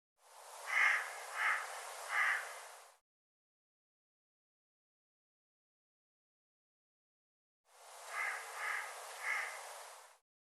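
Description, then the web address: Bird calling in two bursts of three harsh caws each, separated by several seconds of silence. "cianscape birddata Deverinetal 2025 File cleaned normalized Bird"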